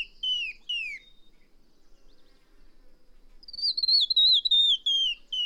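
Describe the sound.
A bird sings short falling whistled phrases, pauses, then delivers a rapid, slightly descending string of sharp chirping notes.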